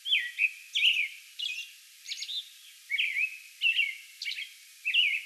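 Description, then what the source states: American robin delivering a run of caroled whistled phrases mixed with high squeaky notes. Song bout recorded May 11.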